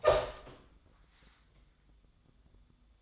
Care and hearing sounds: daily activity, microphone in the room; open door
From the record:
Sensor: 3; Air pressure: 1004.9 hPa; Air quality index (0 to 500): 76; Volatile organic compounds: 2 ppm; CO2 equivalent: 1150 ppm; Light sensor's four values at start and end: 8/19/8/7 and 8/19/8/7

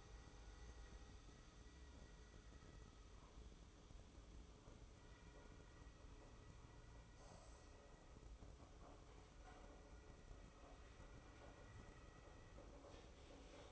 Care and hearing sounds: daily activity, microphone in the room; make coffee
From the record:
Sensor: 1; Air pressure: 995.2 hPa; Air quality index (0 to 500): 33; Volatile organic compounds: 1 ppm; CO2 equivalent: 601 ppm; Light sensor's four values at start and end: 15/51/18/20 and 15/51/18/20

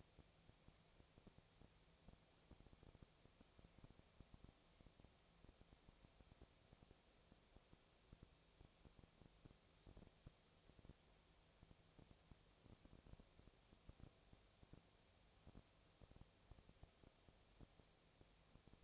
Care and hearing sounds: daily activity, microphone in the room; no activity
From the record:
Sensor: 1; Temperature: 19.8 degrees Celsius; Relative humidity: 37.9%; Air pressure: 998.8 hPa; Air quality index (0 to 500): 232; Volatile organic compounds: 132 ppm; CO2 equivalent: 3938 ppm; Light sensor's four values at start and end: 1/2/1/1 and 1/2/1/1

